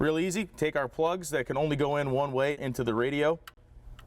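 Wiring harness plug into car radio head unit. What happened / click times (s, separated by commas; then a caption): Handled, not yet home: wiring plug being fitted, no seating click yet / none. Plastic wiring harness plugs, which only go in one way, are handled at the back of an aftermarket car radio head unit while someone talks, with a faint tick near the end. Nothing has clicked or seated yet.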